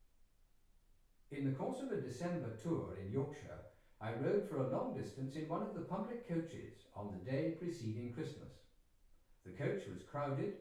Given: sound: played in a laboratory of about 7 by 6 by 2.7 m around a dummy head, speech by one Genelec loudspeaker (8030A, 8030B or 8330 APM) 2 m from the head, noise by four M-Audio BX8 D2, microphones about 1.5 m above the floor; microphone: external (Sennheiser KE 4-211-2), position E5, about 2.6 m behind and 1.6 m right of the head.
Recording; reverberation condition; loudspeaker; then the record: male speech in English; medium; 120 degrees to the left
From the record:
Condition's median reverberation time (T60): about 510 ms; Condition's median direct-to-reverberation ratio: about -0.5 dB